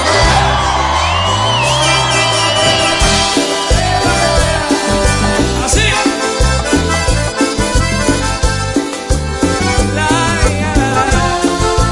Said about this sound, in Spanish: Pero qué lindo que estamos empezando la fiesta esta noche. Yo quiero ver esa manito para arriba y esos gritos de locura que se escuchan.